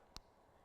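A hoop earring's post snaps into its hinged clasp as the earring is closed while being put on a display collar, giving a single sharp, bright click at 0.2 s over a quiet background. The clasp closes and the earring is seated.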